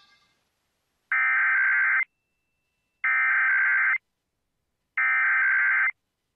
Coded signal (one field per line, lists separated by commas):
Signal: Emergency Alert System (SAME) tones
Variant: header bursts